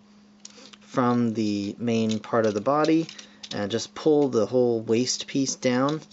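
A plastic back-foot peg is unplugged from the main body of a transforming Transformers Generations Fall of Cybertron Ultra Magnus action figure. It comes out with a short, sharp snap at 0.4 s and a quieter tick at 0.7 s, releasing the back foot. Someone then talks for most of the clip.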